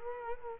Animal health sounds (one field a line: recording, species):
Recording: mosquito wingbeat signal from an infrared sensor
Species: Culex quinquefasciatus